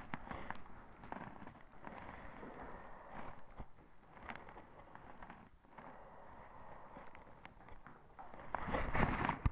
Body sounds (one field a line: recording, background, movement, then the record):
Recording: deep breathing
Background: quiet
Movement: sitting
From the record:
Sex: female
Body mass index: 36.4 kg/m2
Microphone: on the chest, facing the body